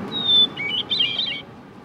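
Hermit Thrush song: one clear, steady whistled note, then a quick fluty tumble of warbling notes.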